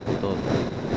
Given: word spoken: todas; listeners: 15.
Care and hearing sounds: one Spanish word in noise, from a listening test; noise modulated by three-talker babble; -5.5 dB; 0 of 15; 6 of 15; 0.57 s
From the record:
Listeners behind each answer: 6, 3, 2, 1, 1, 1, 1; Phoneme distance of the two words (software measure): 17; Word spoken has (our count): 2 syllables, 5 phonemes, stress on syllable 1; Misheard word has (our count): 2 syllables, 4 phonemes, stress on syllable 1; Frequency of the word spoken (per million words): 495.00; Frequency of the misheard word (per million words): 1621.28

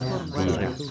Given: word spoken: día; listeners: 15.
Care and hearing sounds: one Spanish word in noise, from a listening test; eight-talker babble; -1.7 dB; 0 of 15; 6 of 15; 0.51 s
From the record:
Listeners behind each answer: 6, 2, 1, 1, 1, 1, 1, 1, 1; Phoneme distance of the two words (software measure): 24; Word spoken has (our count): 2 syllables, 3 phonemes, stress on syllable 1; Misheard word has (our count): 2 syllables, 5 phonemes, stress on syllable 1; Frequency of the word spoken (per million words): 727.07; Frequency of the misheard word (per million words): 34.94

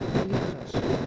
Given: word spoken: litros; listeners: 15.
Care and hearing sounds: one Spanish word in noise, from a listening test; noise modulated by three-talker babble; -7.3 dB; 5 of 15; 8 of 15; 0.66 s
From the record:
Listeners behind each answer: 8, 5, 1, 1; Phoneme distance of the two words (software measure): 10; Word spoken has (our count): 2 syllables, 6 phonemes, stress on syllable 1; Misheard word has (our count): 2 syllables, 6 phonemes, stress on syllable 1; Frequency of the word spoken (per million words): 16.19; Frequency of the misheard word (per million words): 112.38

